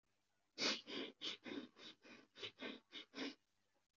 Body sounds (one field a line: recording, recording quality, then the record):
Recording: shallow breathing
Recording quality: excellent, no background noise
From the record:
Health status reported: recovered from COVID-19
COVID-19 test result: positive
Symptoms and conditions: none ticked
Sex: male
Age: 22 years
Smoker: not ticked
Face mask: not worn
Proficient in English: yes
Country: India